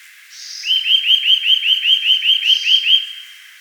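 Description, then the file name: Eurasian nuthatch giving a rapid, evenly repeated run of many clear whistled notes, with a faint hiss in the background. "Sitta europaea"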